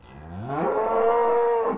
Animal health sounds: contact call of a hoofed animal; cattle; low-frequency (closed-mouth) or high-frequency (open-mouth) call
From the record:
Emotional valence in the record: positive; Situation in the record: physical reunion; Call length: 1.78 s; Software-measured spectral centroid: 1060 Hz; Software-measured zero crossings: 1220 a second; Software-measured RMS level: -23 dBFS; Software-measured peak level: -8 dBFS

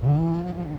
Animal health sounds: contact call of a hoofed animal; goat; low-frequency (closed-mouth) or high-frequency (open-mouth) call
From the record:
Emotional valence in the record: negative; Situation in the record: short social isolation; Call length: 0.79 s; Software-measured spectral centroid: 910 Hz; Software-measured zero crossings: 460 a second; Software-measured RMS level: -23 dBFS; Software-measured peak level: -12 dBFS

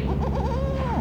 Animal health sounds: contact call of a hoofed animal; goat; low-frequency (closed-mouth) or high-frequency (open-mouth) call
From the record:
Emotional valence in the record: negative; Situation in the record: short social isolation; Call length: 1.01 s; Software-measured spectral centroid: 1440 Hz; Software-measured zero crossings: 830 a second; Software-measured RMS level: -24 dBFS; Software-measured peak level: -14 dBFS

